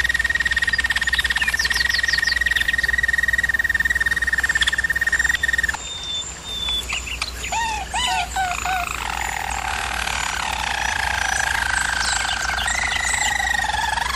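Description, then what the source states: German Roller canary producing a long even roll, then a pause, a few swooping notes and a lower, softer rolling tour. Singing used for canary training.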